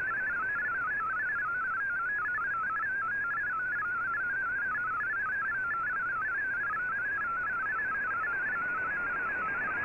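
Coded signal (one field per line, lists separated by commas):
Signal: multi-tone FSK (Olivia or MFSK type)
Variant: MFSK16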